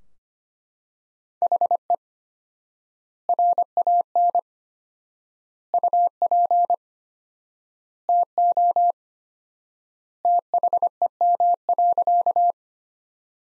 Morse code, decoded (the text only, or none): HE RAN UP TO THEM.